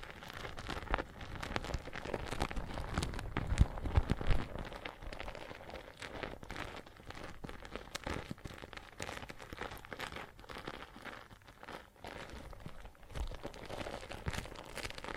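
Water and soap foam crackle and fizz in a dense, steady patter of tiny pops, with a slightly fuller swell around four seconds.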